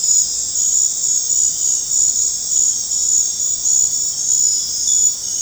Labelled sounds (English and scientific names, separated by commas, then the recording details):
none
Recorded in dense forest near Puerto Asís, Putumayo, Colombia, on 26 December 2024 at 20:00
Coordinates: 0.468, -76.322
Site G071